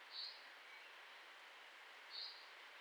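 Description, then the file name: Common chaffinch calling, two brief high notes about two seconds apart against a constant background hiss. "Fringilla coelebs"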